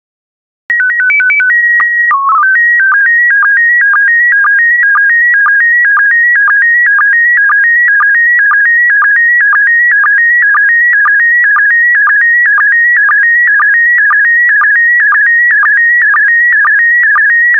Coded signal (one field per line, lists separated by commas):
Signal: SSTV (slow-scan television)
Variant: PD 120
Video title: 33018 Mayan and Aztec Ruins SSTV PD120